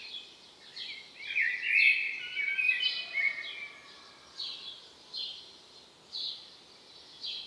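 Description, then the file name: Common blackbird giving one rich warbled phrase early on, followed by sharp, high notes repeated about once a second. "Turdus merula"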